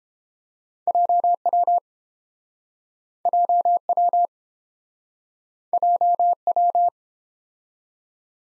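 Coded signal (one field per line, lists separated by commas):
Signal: Morse code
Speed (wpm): 31 wpm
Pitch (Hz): 700 Hz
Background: none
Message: JW JW JW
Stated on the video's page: Morse code practice of two letter-number combinations in Speed-Racing format, starting at 1.5 times and slowing to a 22 wpm base; final repeat at maximum speed.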